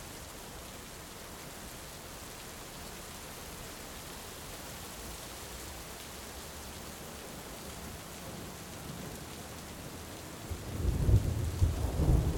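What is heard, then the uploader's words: Steady rain hisses evenly for ten seconds, then a deep rumble of thunder rolls in near the end, growing louder and heavier. Thunderstorm rain sounds.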